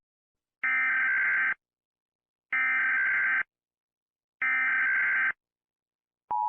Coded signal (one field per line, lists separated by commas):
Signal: Emergency Alert System (SAME) tones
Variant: header bursts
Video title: EAS scenario - the creature